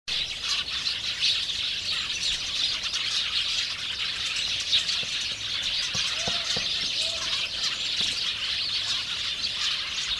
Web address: house sparrows flock passer domesticus briskly chirping